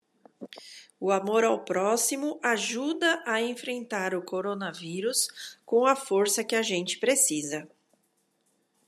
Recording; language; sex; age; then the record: spoken sentence; Brazilian Portuguese; female; 50 to 59 years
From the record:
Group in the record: control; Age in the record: 56 years